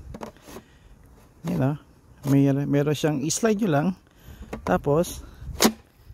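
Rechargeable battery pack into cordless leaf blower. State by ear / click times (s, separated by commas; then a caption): seated / 5.6 s. A charged rechargeable battery pack is slid into the slot of a cordless leaf blower while someone talks. A sharp click at 5.6 s marks the pack locking into place, and it is seated.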